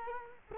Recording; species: mosquito wingbeat signal from an infrared sensor; Culex quinquefasciatus